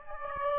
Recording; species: mosquito wingbeat signal from an infrared sensor; Aedes aegypti